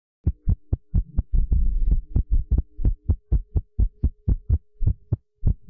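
Deep, rapid thumps with uneven gaps between them, some beats crowding together and others pausing briefly, over a faint steady hum. An irregular, fast heartbeat.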